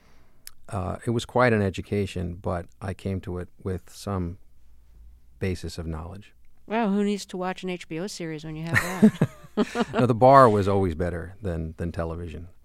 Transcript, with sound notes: it was quite an education, but I came to it with some basis of knowledge.
Oh, who needs to watch an HBO series when you have that?
(LAUGHTER)
No, the bar was always better than television,